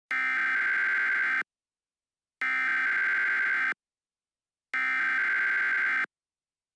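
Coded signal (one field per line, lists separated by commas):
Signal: Emergency Alert System (SAME) tones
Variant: header bursts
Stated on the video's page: Mock state-of-emergency EAS alert made with valid EAS tones.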